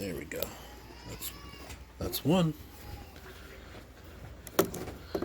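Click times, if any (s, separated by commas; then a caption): 4.6 s. A second RAM memory module is pushed into its DIMM slot on a motherboard and latches with a sharp click at 4.6 s, confirming it is seated. Someone talks earlier in the clip, and a few fainter clicks follow around 4.8 s and 5.2 s.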